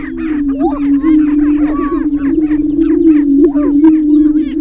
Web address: Gr Prairie Chicken Sound